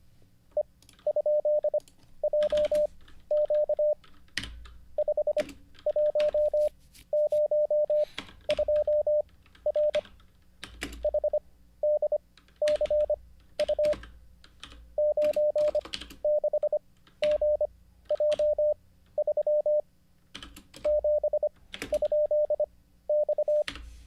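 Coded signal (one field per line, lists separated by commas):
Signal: Morse code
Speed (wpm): 25 wpm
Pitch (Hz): 600 Hz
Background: none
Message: E?JQ 5102R HDCU 96GJ3 7?X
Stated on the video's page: Morse code learned live.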